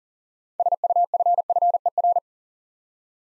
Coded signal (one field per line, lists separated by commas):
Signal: Morse code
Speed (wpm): 42 wpm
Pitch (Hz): 700 Hz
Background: none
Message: SUFFER